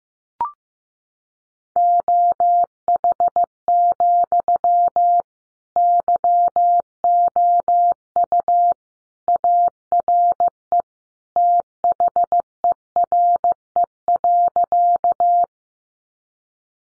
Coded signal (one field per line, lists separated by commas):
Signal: Morse code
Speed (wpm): 15 wpm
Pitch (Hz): 700 Hz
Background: none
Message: OH, YOU ARE THERE.